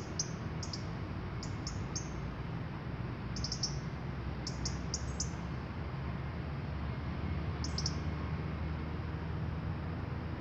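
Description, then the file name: European robin with single and paired sharp ticks, then tighter runs of ticks, a long pause and a final short group; a low background rumble runs throughout. "Erithacus rubecula"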